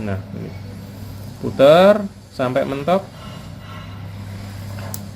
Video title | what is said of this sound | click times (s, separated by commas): Cara Menggunakan Mikrometer Sekrup | Nah, kemudian kita bunyi klik klik klik klik. Nah, seperti ini ya. | 4.9 s